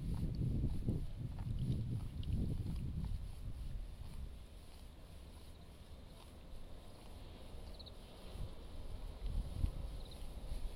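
Seedlings are pulled and bundled with straw amid low, rumbling wind-like handling noise, heavier at first, quieter midway, with faint chirps near the end.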